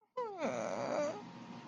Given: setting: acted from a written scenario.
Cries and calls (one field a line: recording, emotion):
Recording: vocal sound without words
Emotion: sadness